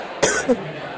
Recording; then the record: coughing mixed with background sound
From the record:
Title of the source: 30 Chesty and wet cough